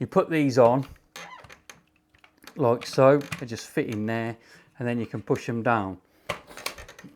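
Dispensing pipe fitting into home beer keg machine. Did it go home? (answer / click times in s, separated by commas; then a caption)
yes / 6.3 s, 6.7 s. Someone talks while lining up the plastic fittings of a new, clean dispensing pipe in their holders on a Philips PerfectDraft home beer keg machine, with a few light plastic taps and knocks in between. The fittings are pushed down, and two sharp clicks at 6.3 s and 6.7 s mark them seating home.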